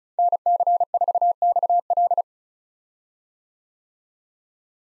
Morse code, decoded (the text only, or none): NC4XL